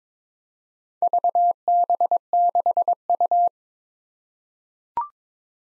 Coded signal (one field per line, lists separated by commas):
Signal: Morse code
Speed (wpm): 22 wpm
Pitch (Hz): 700 Hz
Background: none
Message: VB6U